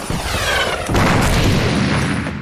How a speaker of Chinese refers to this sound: 他们打北大营，多少人？ 应该不在少数。我从这里听到枪声、炮声不断。 当在师团规模。